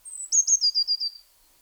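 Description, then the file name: Eurasian blue tit giving a thin, very high note that slides into a fast, slightly descending trill of several notes, lasting just over a second, in otherwise quiet surroundings. "Cyanistes caeruleus"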